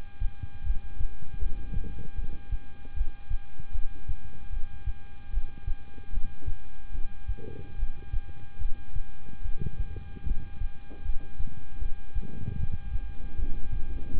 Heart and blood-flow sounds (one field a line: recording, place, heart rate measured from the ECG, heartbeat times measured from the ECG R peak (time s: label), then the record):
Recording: heart sounds by stethoscope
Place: between the tricuspid and mitral areas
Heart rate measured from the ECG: 76 bpm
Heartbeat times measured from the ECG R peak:
0.64 s: heartbeat
1.39 s: heartbeat
2.16 s: heartbeat
2.94 s: heartbeat
3.72 s: heartbeat
4.50 s: heartbeat
5.31 s: heartbeat
6.11 s: heartbeat
6.92 s: heartbeat
7.76 s: heartbeat
8.59 s: heartbeat
9.42 s: heartbeat
10.24 s: heartbeat
11.03 s: heartbeat
11.79 s: heartbeat
12.57 s: heartbeat
13.36 s: heartbeat
14.11 s: heartbeat
From the record:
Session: rest, lying down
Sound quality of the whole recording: good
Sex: male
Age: 26 years